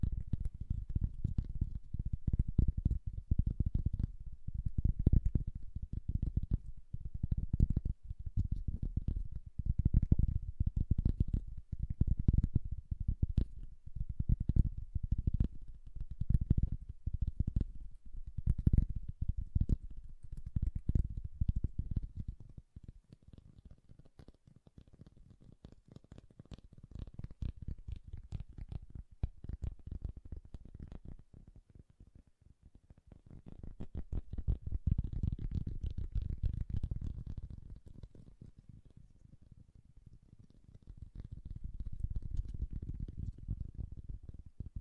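Soft, bassy tapping comes in quick, dense runs, with deep thuds and little high sparkle. For the first twenty seconds the taps are loud and steady; afterward they turn quieter and sparser, swelling in softer waves around the mid-thirties and again near the end.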